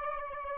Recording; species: mosquito wingbeat signal from an infrared sensor; Aedes albopictus